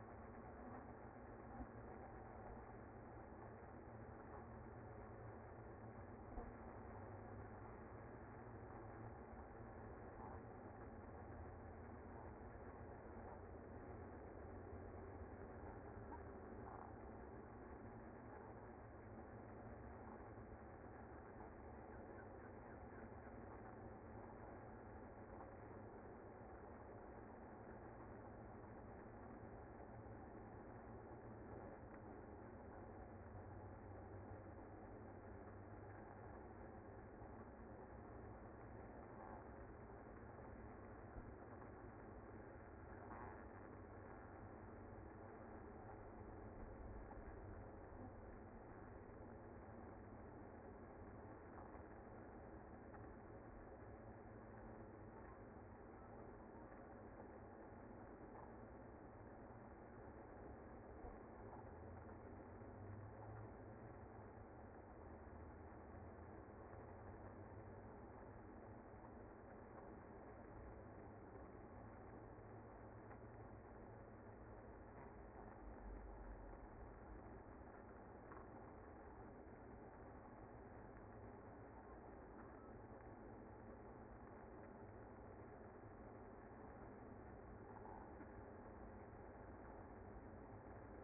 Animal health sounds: honeybee colony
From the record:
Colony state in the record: active

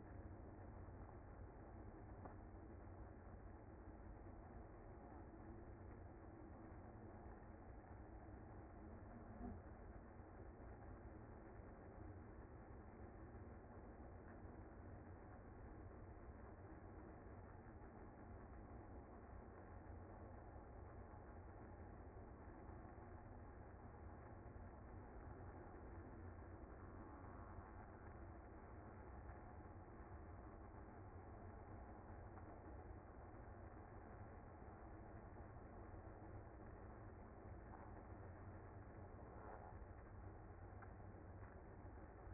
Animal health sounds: honeybee colony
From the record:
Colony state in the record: active

